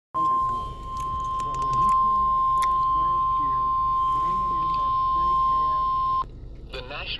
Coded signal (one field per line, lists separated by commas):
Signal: Emergency Alert System (SAME) tones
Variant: 1050 Hz attention tone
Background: speech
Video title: (EAS) Severe Thunderstorm Warning For My County